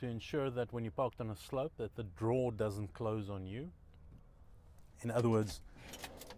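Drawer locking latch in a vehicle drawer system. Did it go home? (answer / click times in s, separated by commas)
no / none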